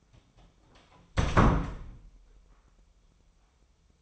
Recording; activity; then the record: daily activity, microphone in the room; close door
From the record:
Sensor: 1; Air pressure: 996.1 hPa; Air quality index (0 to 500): 38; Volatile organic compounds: 1 ppm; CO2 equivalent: 709 ppm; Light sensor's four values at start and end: 14/33/14/16 and 14/33/14/16